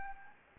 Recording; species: mosquito wingbeat signal from an infrared sensor; Anopheles gambiae